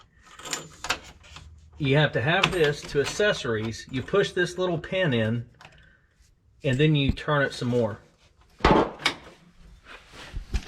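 An ignition key and lock cylinder are handled at the metal ignition switch housing in the steering column of a 1966 Mustang: the key is turned to accessories, the small retaining pin is pushed in, and the cylinder is turned further. Someone talks over short metallic taps and knocks, with sharper hits near the end. Nothing has seated or clicked into place yet.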